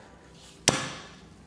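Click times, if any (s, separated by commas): 0.7 s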